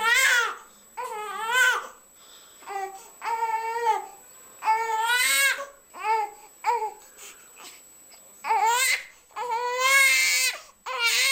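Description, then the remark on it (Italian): A young infant cries to be breastfed and held close by its mother, in a series of loud, high-pitched wailing bursts, each a second or so long, separated by short gasping pauses and whimpers, with no talking. “Ma quello che stavamo accennando prima, il lattantino vuole avere la vicinanza e l'allattamento della mamma, e questo è un modo per avere subito l'attenzione da parte dell'ambiente”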